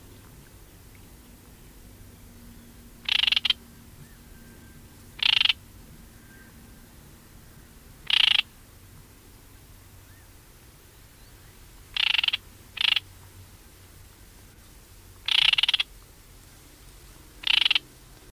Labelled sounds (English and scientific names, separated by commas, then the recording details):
Great Reed Warbler (Acrocephalus arundinaceus) alarm call
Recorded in the wild
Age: adult
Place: Baiersdorf, Bayern, DE
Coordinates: 49.6589, 11.0172
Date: 1967
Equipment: Original, Vollspur
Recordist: Tretzel, Erwin
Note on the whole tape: Kanalbrücke vor Baiersdorf. Warnlaute. Aufnahmedatum ungenau: Aufnahmen Anfang Juli 1967